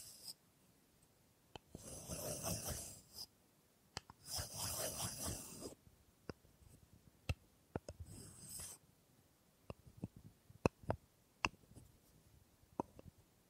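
Wooden tapping and scraping make up the sound: three rough, scratchy passes around 2, 4.5 and 8 seconds, each lasting a second or more. Between them come sharp, isolated knocks and clicks, growing more frequent and irregular toward the end, over near silence.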